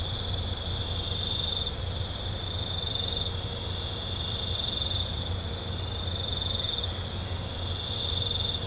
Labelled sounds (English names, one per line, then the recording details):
none
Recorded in pastures near Puerto Asís, Putumayo, Colombia, on 15 December 2024 at 22:30
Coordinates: 0.502, -76.324
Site G077